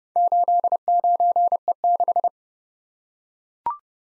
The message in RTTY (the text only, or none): none